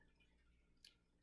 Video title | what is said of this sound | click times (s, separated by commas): Module 3 CTS1150 | and pushing down and it'll lock into place | 0.8 s